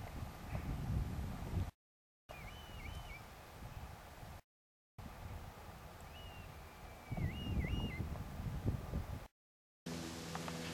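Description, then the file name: Red kite giving thin, quavering whistled calls that rise and fall in short wavering phrases, two bouts a few seconds apart, over steady low wind rumble. Calls given while perched and in flight, recorded at Radnage on 10 October 2009. "rk radnage 10 oct 2009 calls perched flight"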